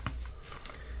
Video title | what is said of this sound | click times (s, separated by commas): Upgrading Intermountain GEVO Locomotive Sound | it snaps right into place | 0.1 s